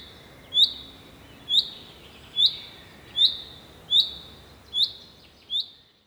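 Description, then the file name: Common chaffinch repeating a bright, clipped high call seven times at a fairly steady pace of just over one per second, with quiet background noise. "Fringilla coelebs"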